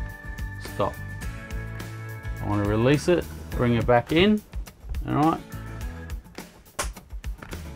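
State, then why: Seated. A caravan window is released from its open position and brought back in while someone talks over background music. The window stay in the window frame latches with a sharp click at 6.8 seconds, locking the window back in place closed.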